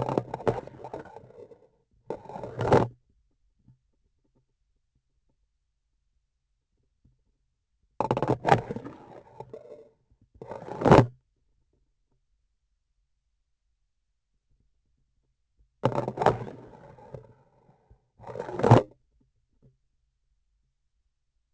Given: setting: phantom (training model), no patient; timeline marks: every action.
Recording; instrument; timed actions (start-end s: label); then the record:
laparoscopic instrument, vibration sensor on the handle end; grasping forceps
0.00-1.85 s: insertion through the trocar
2.04-2.99 s: removal through the trocar
7.96-10.09 s: insertion through the trocar
10.33-11.15 s: removal through the trocar
15.79-17.79 s: insertion through the trocar
18.12-19.00 s: removal through the trocar
From the record:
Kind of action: spatial motion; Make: other than Olympus